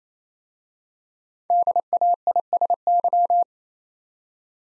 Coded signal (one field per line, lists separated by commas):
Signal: Morse code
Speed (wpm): 27 wpm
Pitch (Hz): 700 Hz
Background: none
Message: DAISY